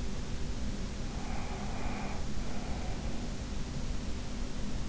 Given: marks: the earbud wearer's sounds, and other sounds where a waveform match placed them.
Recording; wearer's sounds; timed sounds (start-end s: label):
sounds in sleep by an in-ear microphone; breath
0.94-3.17 s: breath